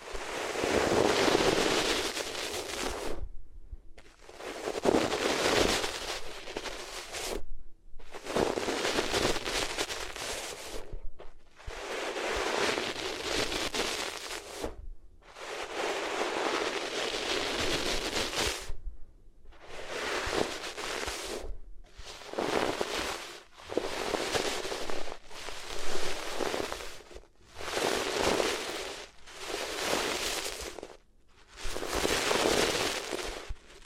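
Ears rubbed against different materials make bursts of dense, crackly scratching, each a few seconds long, separated by short silences through the clip.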